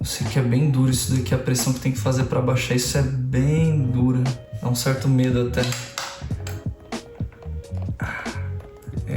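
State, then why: Seated. The stiff metal retention lever of an AM5 CPU socket on a motherboard is pressed down over the processor until it locks under its hook, as someone talks over music about how much force it takes. Sharp clicks land at 6.5 s and 6.9 s, followed by a few fainter ticks, and the lever is latched with the processor seated.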